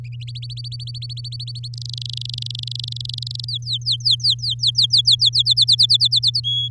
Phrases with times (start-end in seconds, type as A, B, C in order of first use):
0.20-1.68 A, 1.73-3.45 B, 3.48-5.29 C, 5.33-6.40 D, 6.43-6.68 E